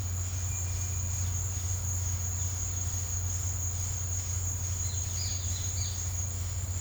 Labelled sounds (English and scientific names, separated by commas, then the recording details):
none
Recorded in pastures near Puerto Asís, Putumayo, Colombia, on 15 December 2024 at 13:00
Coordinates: 0.502, -76.324
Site G077